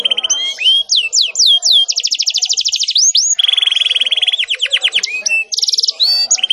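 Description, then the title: Canary song with fast rolling trills, rapid upward and downward whistled sweeps, and long buzzy rolls on one pitch, changing phrases every second or so. Canary singing vigorously (gacor) with long rolled trills (roll panjang), meant to prompt other canaries to answer at once. "LANGSUNG NYAUT GACOR DOR Kenari Manasaja, Dengan Kicau Kenari GACOR NGOTOT ROLL PANJANG"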